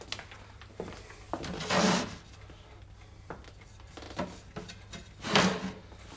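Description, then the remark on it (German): The upper drawer, holding clean socks, slides open with a wooden scrape and knock, then a few seconds later slides shut again, with small clicks and thumps in between and no talking. “Was sind das, alle sauberen Socken? In der oberen Schublade.”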